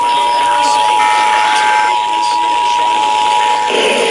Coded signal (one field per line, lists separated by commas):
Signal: Emergency Alert System (SAME) tones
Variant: 853 and 960 Hz attention tone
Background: speech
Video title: EAS #1004-1012: Florida Required Monthly Test for May 2022 || 5/27/22